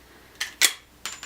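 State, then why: Seated. A hand rivet gun is pumped on a metal pop rivet pushed through a plastic hoop tube to make a push-button joint. Sharp clicks ring out at about 0.4 and 0.6 seconds, then a loud snap at about 1.1 seconds as the rivet's mandrel breaks, followed by a fainter click at 1.2 seconds. The end of the rivet pops out and the rivet is set.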